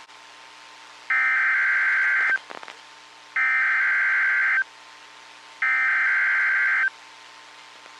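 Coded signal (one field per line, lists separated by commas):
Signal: Emergency Alert System (SAME) tones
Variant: header bursts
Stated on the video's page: Ohio severe weather EAS alerts, including a tornado warning, from NOAA Weather Radio transmitter in Grafton, Ohio.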